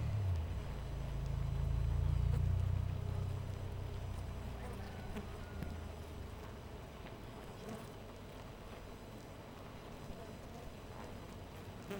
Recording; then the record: honeybee colony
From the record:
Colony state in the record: missing queen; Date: 14 July 2017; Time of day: 4:31